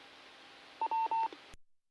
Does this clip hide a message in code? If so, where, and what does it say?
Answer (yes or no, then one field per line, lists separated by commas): no